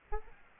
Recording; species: mosquito wingbeat signal from an infrared sensor; Aedes albopictus